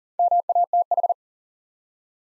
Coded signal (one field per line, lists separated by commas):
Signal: Morse code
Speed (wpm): 38 wpm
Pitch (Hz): 700 Hz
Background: none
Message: MATH